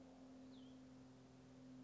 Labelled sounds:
Cassin's Vireo
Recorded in Sonoma County, California

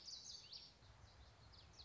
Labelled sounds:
Common Yellowthroat
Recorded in Sonoma County, California

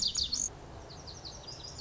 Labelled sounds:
Lazuli Bunting
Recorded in Sonoma County, California

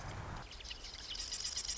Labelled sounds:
Marsh Wren
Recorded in Sonoma County, California

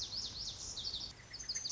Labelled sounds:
Lazuli Bunting
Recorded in Sonoma County, California

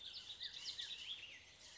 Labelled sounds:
Bullock's Oriole
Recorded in Sonoma County, California

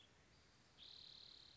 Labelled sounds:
Spotted Towhee
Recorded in Sonoma County, California

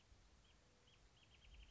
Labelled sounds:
Wrentit
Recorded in Sonoma County, California

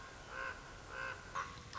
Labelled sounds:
Common Raven
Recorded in Sonoma County, California

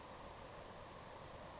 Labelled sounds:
Grasshopper Sparrow
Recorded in Sonoma County, California

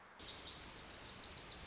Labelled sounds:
Wilson's Warbler
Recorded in Sonoma County, California

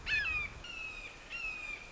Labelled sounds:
Red-shouldered Hawk
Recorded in Sonoma County, California

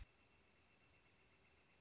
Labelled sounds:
Northern Flicker
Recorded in Sonoma County, California

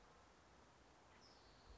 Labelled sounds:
California Towhee
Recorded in Sonoma County, California

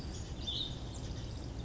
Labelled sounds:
Western Flycatcher
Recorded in Sonoma County, California

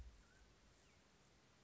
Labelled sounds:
Mountain Quail
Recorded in Sonoma County, California

